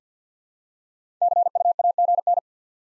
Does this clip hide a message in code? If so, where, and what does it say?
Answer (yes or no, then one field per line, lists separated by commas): yes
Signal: Morse code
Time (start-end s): 1.2-2.4 s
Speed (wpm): 50 wpm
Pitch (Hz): 700 Hz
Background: none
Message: CUAGN